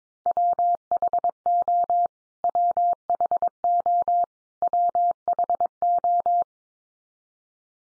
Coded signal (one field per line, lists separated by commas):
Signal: Morse code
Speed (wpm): 22 wpm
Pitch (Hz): 700 Hz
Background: none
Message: WHO WHO WHO